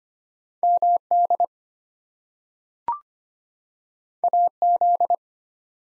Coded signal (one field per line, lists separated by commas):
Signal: Morse code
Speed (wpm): 25 wpm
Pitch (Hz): 700 Hz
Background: none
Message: MD AZ